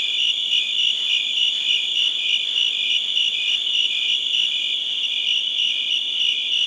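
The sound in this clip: Cricket gives a constant shrill pulsing trill, even and unbroken.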